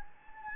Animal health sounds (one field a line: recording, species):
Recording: mosquito wingbeat signal from an infrared sensor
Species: Anopheles gambiae